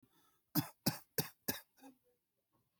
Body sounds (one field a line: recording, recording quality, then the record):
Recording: shallow voluntary cough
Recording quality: excellent, no background noise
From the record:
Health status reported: respiratory illness, not identified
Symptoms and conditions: cough, fever, pneumonia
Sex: male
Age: 39 years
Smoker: yes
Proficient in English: yes